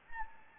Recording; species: mosquito wingbeat signal from an infrared sensor; Anopheles gambiae